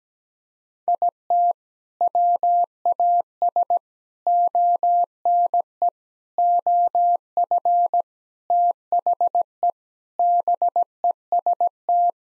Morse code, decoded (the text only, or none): IT WAS ONE OF THE BEST